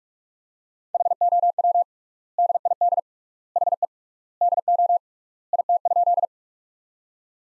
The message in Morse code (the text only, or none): HOW DID HE DO IT?